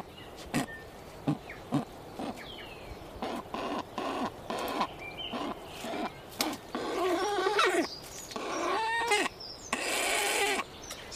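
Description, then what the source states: Weka growling in short rough pulses, then giving louder harmonic, wavering calls. A harsh, noisy burst comes near the end. Other birds call faintly. Male weka in the Marlborough Sounds, given meat, growls to call his mate or chicks to pass the food on, while other birds call.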